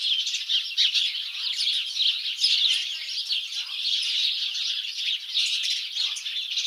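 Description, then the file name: House sparrows in a busy flock, loud overlapping chirps and chatter pulsing steadily, with a few harsher notes. "Passer domesticus"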